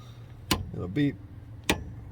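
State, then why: Torque reached. A click-type torque wrench tightens the bottom rear brake caliper slide bolt on an MK5 Jetta (2006–2010). A sharp tick comes at 0.5 s, someone talks, and the wrench clicks at 1.7 s. The click shows the set torque was reached and the bottom bolt is good.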